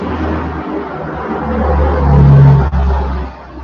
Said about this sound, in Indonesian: Pesawatnya dekat banget. Tuh yang dekat-dekat kita biasanya itu. Pesawat apa, jet apa, bukan yang Air Hercules biasanya yang dekat-dekat gitu. Berarti TNI AU lagi mulai patroli biasanya begitu.